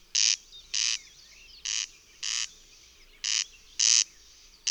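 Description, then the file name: Corn crake giving its dry, rasping double call, two harsh notes per pair, pairs repeated about every one and a half seconds, over a quiet background. "Derkacz"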